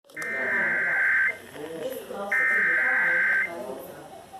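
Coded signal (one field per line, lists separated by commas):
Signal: Emergency Alert System (SAME) tones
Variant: header bursts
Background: speech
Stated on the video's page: Tornado Warning received from FM radio station broadcast.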